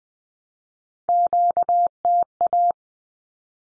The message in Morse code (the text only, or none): QTA